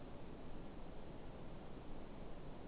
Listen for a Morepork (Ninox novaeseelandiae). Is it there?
no